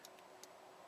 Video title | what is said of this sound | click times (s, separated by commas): 2019-2022 Chevrolet Camaro - MyLink® IOU GPS Navigation HD Radio Upgrade - Plug & Play Install! | bottom slot and you'll hear it click into place | 0.1 s, 0.4 s